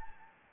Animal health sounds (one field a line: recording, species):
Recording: mosquito wingbeat signal from an infrared sensor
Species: Anopheles gambiae